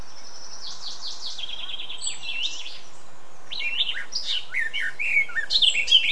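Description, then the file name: Eurasian blackcap song: a run of quick repeated twittering notes, then a louder, richer jumble of warbled phrases toward the end. "Sylvia atricapilla"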